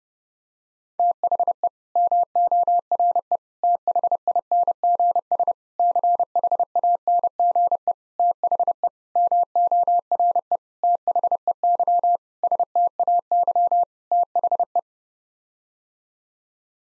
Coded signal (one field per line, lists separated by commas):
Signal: Morse code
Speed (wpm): 30 wpm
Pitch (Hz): 700 Hz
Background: none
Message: THE MORE THINGS CHANGE THE MORE THEY STAY THE